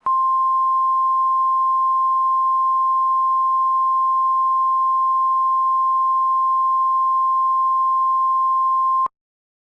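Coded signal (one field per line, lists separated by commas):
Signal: Emergency Alert System (SAME) tones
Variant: 1050 Hz attention tone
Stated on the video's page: Simulated EAS alert for a disaster scenario in the game BeamNG.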